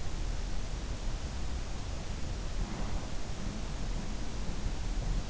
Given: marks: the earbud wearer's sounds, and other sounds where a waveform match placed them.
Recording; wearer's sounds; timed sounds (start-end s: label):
sounds in sleep by an in-ear microphone; breath
2.13-4.02 s: breath